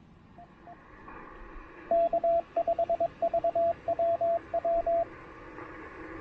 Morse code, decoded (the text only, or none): K5VWW